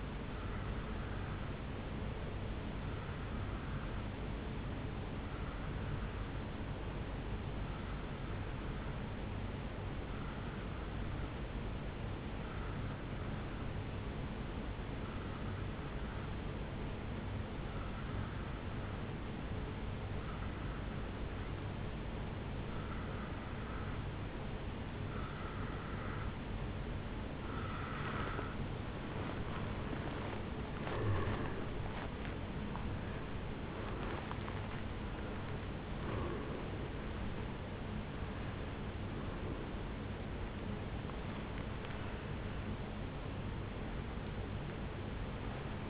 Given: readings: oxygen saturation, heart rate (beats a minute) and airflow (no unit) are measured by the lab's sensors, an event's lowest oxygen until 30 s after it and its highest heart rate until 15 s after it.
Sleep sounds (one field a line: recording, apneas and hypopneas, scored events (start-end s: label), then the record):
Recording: breathing in sleep by a voice recorder at the bedside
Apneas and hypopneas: 1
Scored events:
6.00-30.60 s: hypopnea (N3, oxygen 89% highest, then 87% lowest, heart rate 69 at the start, 74 highest)
15.00-45.90 s: new sleep stage, N2 (light sleep)
From the record:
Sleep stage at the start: N3 (deep sleep)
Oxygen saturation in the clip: 87 to 90%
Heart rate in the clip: 57 to 74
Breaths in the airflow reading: 14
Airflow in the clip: -10.6 to 8.8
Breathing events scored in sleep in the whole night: 449 in 7.0 hours asleep